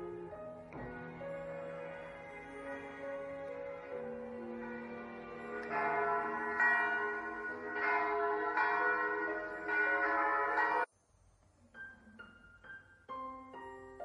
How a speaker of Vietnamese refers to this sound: Ánh nắng nhẹ nhàng của buổi sáng hắt lên trên mái nhà thờ, tiếng chuông từng hồi vang lên trong không khí ảm đạm mà trầm buồn.